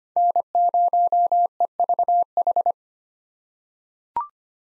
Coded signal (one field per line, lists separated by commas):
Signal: Morse code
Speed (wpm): 25 wpm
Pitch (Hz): 700 Hz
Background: none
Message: N0EVH